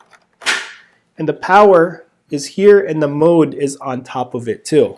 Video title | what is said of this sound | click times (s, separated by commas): Milwaukee Tools You Didn't Know Existed in Emergency Preparedness | you're gonna hear a positive click | 0.0 s